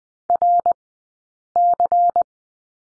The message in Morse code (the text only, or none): RC